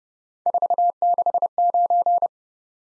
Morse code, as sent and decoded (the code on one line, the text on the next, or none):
....- -.... ----.
469